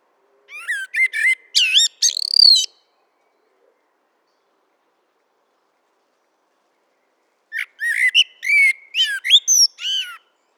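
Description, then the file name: Eurasian blackbird singing two phrases about five seconds apart, each a string of rich whistled notes that break into high twittering. "Turdus merula"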